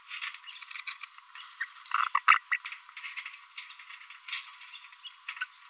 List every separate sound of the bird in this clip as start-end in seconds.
1.61-1.65, 1.92-2.08, 2.15-2.19, 2.28-2.38, 2.52-2.56, 5.05-5.08